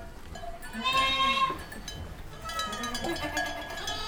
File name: goatstable